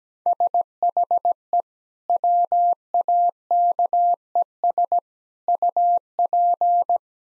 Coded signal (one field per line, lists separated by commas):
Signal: Morse code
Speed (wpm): 17 wpm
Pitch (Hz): 700 Hz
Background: none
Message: SHE WAKES UP